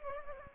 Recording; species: mosquito wingbeat signal from an infrared sensor; Aedes aegypti